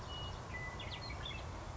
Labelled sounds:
Western Meadowlark
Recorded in Sonoma County, California

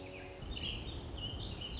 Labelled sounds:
Warbling Vireo
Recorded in Sonoma County, California

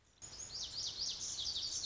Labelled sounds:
Lazuli Bunting
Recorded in Sonoma County, California

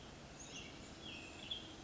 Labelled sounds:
Western Tanager
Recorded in Sonoma County, California

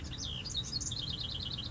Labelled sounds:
House Wren
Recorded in Sonoma County, California

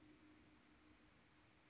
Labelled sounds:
Band-tailed Pigeon
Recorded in Sonoma County, California

